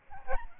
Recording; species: mosquito wingbeat signal from an infrared sensor; Aedes albopictus